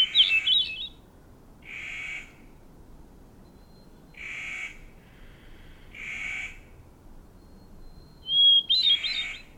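Bird song: harsh buzzy notes repeated roughly every two seconds, opening and closing with a high whistled phrase that flickers up and down.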